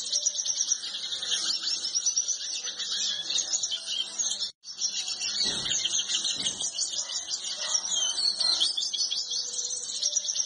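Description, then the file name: Yellow-bellied siskin song, a dense, continuous high twittering of rapid chirps and trills with a brief break near the middle and a few soft low thumps. "canto do pintassilgo de barriga amarela"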